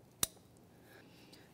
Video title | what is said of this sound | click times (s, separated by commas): How to Replace DownStream O2 Sensor 2011-2016 Hyundai Elantra | plug it into hear a click | 0.2 s